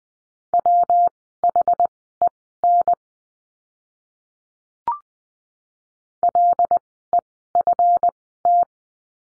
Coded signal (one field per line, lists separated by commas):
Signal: Morse code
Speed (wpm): 20 wpm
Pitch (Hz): 700 Hz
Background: none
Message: WHEN LEFT